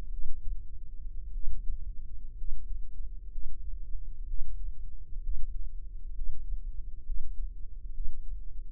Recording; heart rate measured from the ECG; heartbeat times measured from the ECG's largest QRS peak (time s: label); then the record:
heart sounds by microphone in the right ear; 62 bpm
0.12 s: heartbeat
1.33 s: heartbeat
2.36 s: heartbeat
3.30 s: heartbeat
4.26 s: heartbeat
5.21 s: heartbeat
6.13 s: heartbeat
7.04 s: heartbeat
7.92 s: heartbeat
From the record:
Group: healthy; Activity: breath hold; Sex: female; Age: 22 years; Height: 157 cm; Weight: 47.6 kg